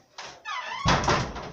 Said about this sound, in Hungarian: Csukj az ajtó. Jó, be lesz csukva.